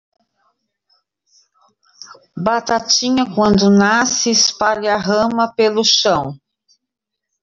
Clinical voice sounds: short text; Brazilian Portuguese; female; 50 to 59 years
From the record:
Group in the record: control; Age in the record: 59 years

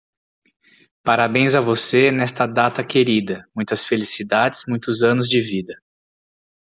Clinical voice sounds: short text; Brazilian Portuguese; male; 40 to 49 years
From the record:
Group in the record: control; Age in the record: 47 years

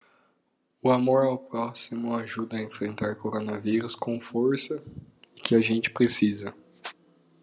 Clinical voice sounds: spoken sentence; Brazilian Portuguese; male; 20 to 29 years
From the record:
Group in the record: control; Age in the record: 25 years

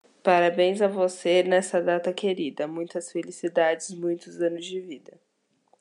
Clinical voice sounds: short text; Brazilian Portuguese; female; 20 to 29 years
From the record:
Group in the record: control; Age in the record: 21 years

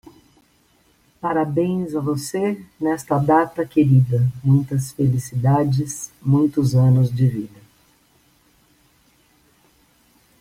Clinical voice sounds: short text; Brazilian Portuguese; female; 60 to 69 years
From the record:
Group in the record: control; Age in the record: 62 years

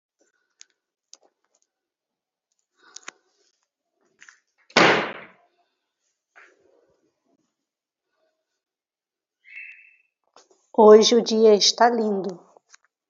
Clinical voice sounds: spoken sentence; Brazilian Portuguese; female; 30 to 39 years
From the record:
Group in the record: control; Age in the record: 39 years

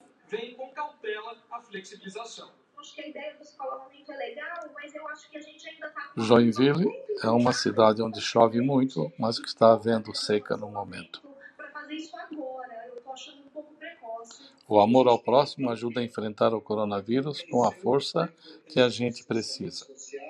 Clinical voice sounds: spoken sentence; Brazilian Portuguese; male; 70 to 79 years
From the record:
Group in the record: control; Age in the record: 73 years

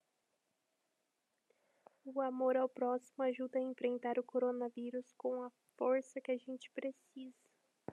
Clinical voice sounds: spoken sentence; Brazilian Portuguese; female; 20 to 29 years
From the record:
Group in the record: control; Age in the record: 25 years

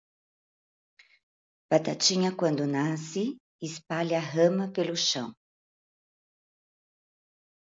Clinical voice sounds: short text; Brazilian Portuguese; female; 40 to 49 years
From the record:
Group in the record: control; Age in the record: 45 years

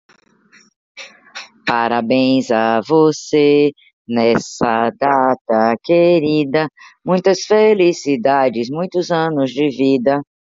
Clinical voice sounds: short text; Brazilian Portuguese; female; 60 to 69 years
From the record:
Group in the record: control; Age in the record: 60 years

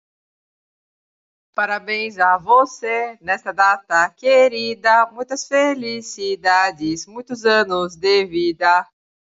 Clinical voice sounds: short text; Brazilian Portuguese; female; 30 to 39 years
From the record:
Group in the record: control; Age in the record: 39 years

